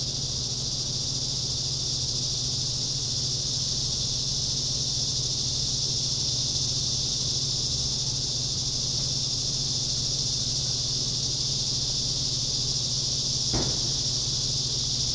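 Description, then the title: Cicada chorus making a steady high-pitched whine for the whole stretch, a faint low hum underneath and one sharp click near the end. Summer cicadas. "neoscenes: summer cicadas"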